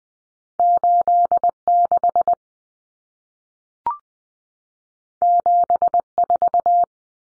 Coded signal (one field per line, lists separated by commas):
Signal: Morse code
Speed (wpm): 20 wpm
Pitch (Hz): 700 Hz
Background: none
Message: 86 74